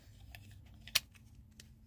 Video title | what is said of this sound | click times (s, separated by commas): Outdoor and Indoor Lighting - Cargo Trailer Camper Conversion | kind of snaps in place there and then you can put that onto the | 1.0 s